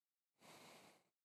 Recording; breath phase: one breath near a microphone; exhalation